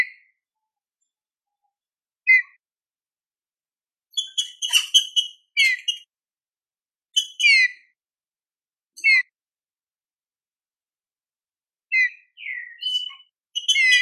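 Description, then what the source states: Green-winged saltator song: a sequence of rich, harmonic phrases with slurred whistles, separated by pauses of up to about three seconds, and a run of notes at the end. Classic-style song used for training.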